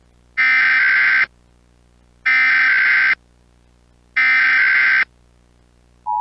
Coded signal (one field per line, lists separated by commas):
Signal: Emergency Alert System (SAME) tones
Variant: header bursts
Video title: EAS Mock #13: Mystery Cable